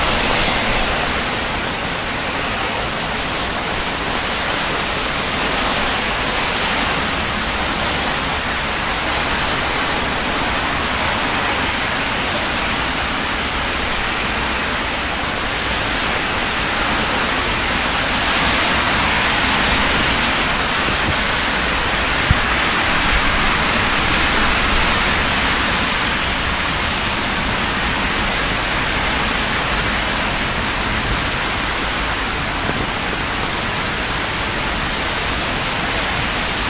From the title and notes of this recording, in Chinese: 晚上在城市街头的雨中行走。